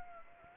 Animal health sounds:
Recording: mosquito wingbeat signal from an infrared sensor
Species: Anopheles gambiae

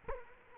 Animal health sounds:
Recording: mosquito wingbeat signal from an infrared sensor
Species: Culex quinquefasciatus

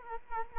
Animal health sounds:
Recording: mosquito wingbeat signal from an infrared sensor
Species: Culex quinquefasciatus

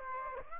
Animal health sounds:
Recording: mosquito wingbeat signal from an infrared sensor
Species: Aedes aegypti

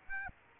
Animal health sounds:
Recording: mosquito wingbeat signal from an infrared sensor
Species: Aedes aegypti

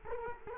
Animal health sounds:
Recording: mosquito wingbeat signal from an infrared sensor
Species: Culex quinquefasciatus

